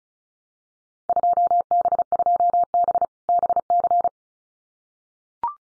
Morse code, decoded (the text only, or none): 2B2B BC